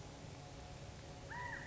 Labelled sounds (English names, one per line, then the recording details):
California Quail
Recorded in Sonoma County, California